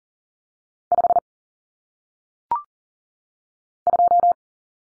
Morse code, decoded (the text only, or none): 5 2